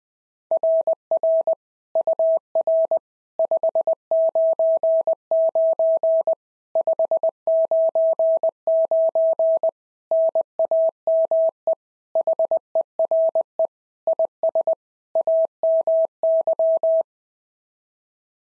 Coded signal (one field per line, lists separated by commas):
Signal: Morse code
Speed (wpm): 19 wpm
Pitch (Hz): 650 Hz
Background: none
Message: RR UR 599 599 NAME HERE IS AMY